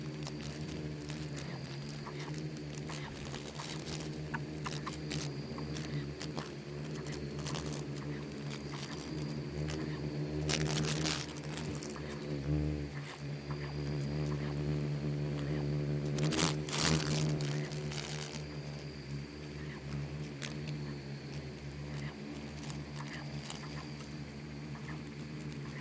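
Bugs and beetles swarm in a steady low buzz, dotted with constant ticking and scratching, and louder rustling bursts near eleven and sixteen seconds.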